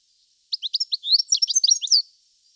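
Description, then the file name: European goldfinch twittering: a few separate high notes, then a quick tinkling run of liquid chirps lasting about a second, in a quiet background. "Carduelis carduelis"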